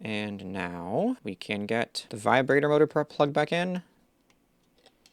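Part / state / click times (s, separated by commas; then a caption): connector retaining piece on a handheld controller board / seated / 5.1 s. Someone talks while the vibration motor cable is plugged back into a handheld controller board. Then quiet small ticks follow as a small plastic retaining piece is pressed closed over the connector, and it snaps shut with a sharp tick at 5.1 s, seated securely.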